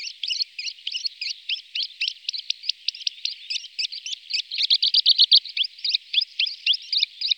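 Calandra lark song of rapid, evenly repeated sharp chirping notes, about four per second, with a denser buzzy passage midway.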